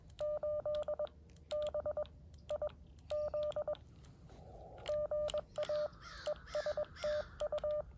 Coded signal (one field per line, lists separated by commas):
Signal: Morse code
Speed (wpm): 21 wpm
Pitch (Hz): 600 Hz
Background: none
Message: 8 BIZ GA ES TU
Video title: Afternoon Morse Code POTA activation 1/15/25